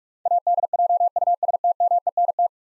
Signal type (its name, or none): Morse code